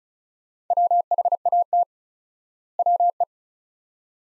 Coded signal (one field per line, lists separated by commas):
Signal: Morse code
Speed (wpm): 36 wpm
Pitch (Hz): 700 Hz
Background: none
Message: WHAT WE